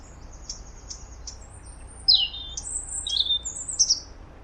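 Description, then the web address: European robin song, a string of high sweet notes and sliding whistles over a few seconds, with soft low background noise. "Deverinetal 2025 File origin Bird Only Er Ru"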